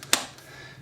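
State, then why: Seated. After its air filter is cleaned, the plastic filter and dust container of a Philips Minivac (FC 6149/01 DailyDuo) handheld vacuum is pushed back into the vacuum body. A faint tick comes at 0.0 s, then a sharp, bright click at 0.1 s that fades quickly into quiet. The filter and dust container click in and are seated.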